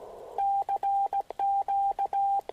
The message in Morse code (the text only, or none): CQ